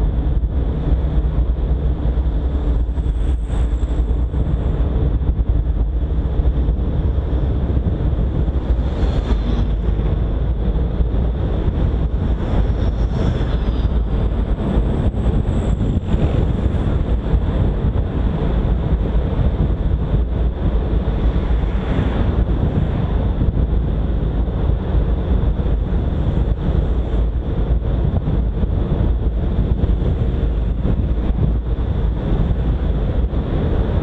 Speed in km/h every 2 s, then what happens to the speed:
37, 39, 39, 41, 45, 50, 52, 52, 49, 47, 46, 45, 42, 42, 41, 47, 52.
0-12 speeds up to 52. 12-28 slows to 41. 28-34 speeds up to 52.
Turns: none.